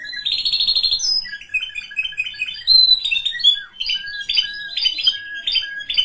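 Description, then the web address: Canary song, a fast run of bright trilled and warbled phrases, starting with a rapid buzzy trill then shifting through varied chirps and slurred whistles without pause. "honarfardi new 1 Canary Sound 4"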